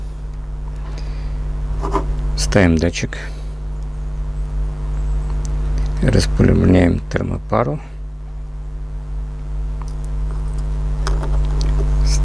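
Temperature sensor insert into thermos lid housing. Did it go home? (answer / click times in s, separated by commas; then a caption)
yes / 11.1 s. A thermocouple temperature-sensor insert is placed back into a thermos lid housing and pressed until it latches, with someone talking over a steady low hum and light handling clicks. A sharp click at 11.1 s marks the insert latching into place, confirming it is seated.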